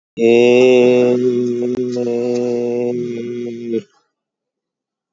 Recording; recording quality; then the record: sustained vowel as in made; excellent, no background noise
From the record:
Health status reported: recovered from COVID-19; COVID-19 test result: positive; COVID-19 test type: RT-PCR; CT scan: taken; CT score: 12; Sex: male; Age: 38 years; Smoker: no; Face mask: not worn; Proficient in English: yes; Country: India